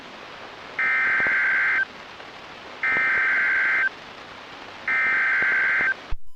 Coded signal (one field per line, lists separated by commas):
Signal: Emergency Alert System (SAME) tones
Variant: header bursts